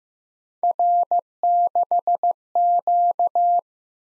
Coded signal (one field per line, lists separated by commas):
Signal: Morse code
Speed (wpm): 15 wpm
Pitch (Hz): 700 Hz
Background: none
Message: R6Q